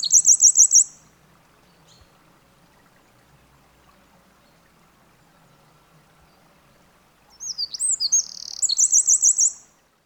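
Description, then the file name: Eurasian wren song heard twice: a high trill ends one phrase at the start, then after a long quiet gap another burst of sweeping notes and a rapid trill. "Troglodytes troglodytes"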